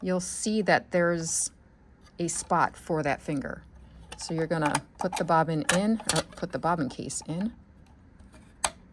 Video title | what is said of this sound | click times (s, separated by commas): How To Thread The Cutest Kenmore Sewing Machine You Will Ever See 15810401 | push it in till it clicks. | 8.6 s